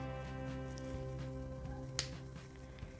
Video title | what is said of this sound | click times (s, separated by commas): RESEÑA BARBIE COLOR REVEAL SERIE SIRENAS -- CÓDIGOS para Mexico y Chile disponibles | un clic y ya queda ahí ya queda bastante grande vean qué preciosísima es ella pero | 2.0 s